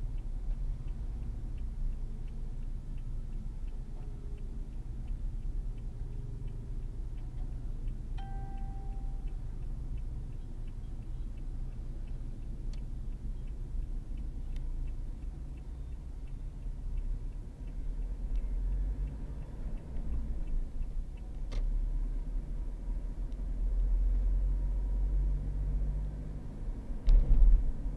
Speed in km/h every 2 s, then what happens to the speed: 2, 0, 0, 0, 6, 8, 12, 14, 18, 27, 29, 35, 40, 44.
0-6 standing. 6-28 pulls away to 44.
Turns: 13-19.